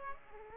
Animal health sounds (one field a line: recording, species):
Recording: mosquito wingbeat signal from an infrared sensor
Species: Aedes aegypti